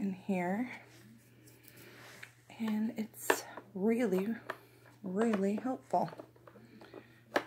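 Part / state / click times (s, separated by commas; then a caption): removable vacuum part into vacuum body / seated / 7.4 s. A removable vacuum part, washed and wiped out, is pushed back into the vacuum body while someone talks. It seats with a sharp click at 7.4 s.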